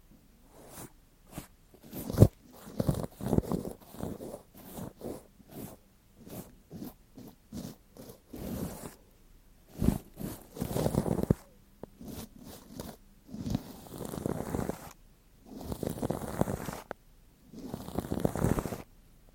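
Mic triggers for a mock haircut and scalp check: bursts of scratchy, crinkly rubbing and brushing against the mic, with brief pauses throughout.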